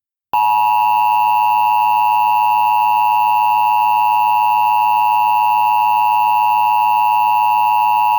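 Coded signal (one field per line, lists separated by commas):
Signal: Emergency Alert System (SAME) tones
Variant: 853 and 960 Hz attention tone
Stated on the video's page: Fictional mock 2001 North Central Texas flash flood warning using valid EAS tones.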